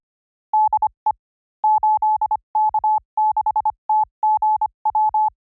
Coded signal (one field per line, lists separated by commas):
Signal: Morse code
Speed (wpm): 25 wpm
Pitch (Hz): 810 Hz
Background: none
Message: DE 8K6TGW